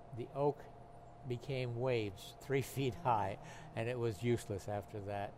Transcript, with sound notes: The oak became waves, three feet high. [laughs] And it was useless after that.